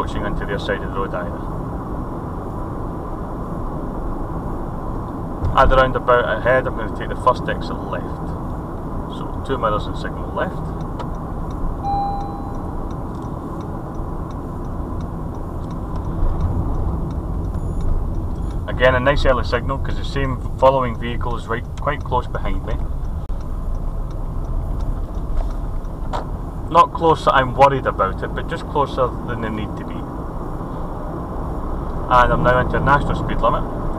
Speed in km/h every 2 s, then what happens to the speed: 44, 45, 44, 42, 40, 40, 39, 37, 32, 26, 19, 19, 26, 34, 39, 45, 52.
0-20 slows to 19. 22-34 speeds up to 52.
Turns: 21-25.